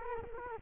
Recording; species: mosquito wingbeat signal from an infrared sensor; Culex quinquefasciatus